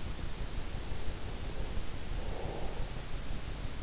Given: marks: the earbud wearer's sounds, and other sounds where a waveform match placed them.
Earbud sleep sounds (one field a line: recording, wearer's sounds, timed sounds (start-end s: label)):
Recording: sounds in sleep by an in-ear microphone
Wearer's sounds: breath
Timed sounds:
0.25-3.80 s: breath